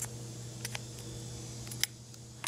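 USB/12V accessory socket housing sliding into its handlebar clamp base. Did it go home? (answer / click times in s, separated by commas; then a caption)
yes / 1.8 s. A USB and 12 V accessory power socket housing is slid onto its handlebar clamp base by its slide clamp, with faint sliding ticks at 0.7 s and 0.8 s over a steady low hum. A sharp click at 1.8 s marks it latching into the mount, and a pull test confirms it is seated and will not come out. Another short knock follows at the very end.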